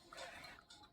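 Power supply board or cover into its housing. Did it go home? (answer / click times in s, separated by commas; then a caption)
no / none. A power supply board or cover from a T2 TV set-top box is pushed into its housing during reassembly, but it will not go home because the cables are in the way. Brief scuffing and knocking sounds come at about 0.1, 0.6 and 0.7 seconds. Nothing has seated or clicked yet.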